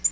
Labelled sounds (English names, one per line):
Tennessee Warbler flight call